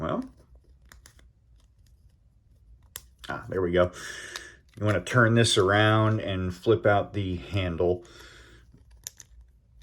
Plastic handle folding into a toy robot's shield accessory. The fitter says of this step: it seems like the handle should click in but it really doesn't just kind of